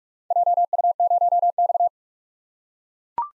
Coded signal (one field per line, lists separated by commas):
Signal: Morse code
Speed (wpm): 43 wpm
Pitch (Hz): 700 Hz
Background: none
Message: JU0X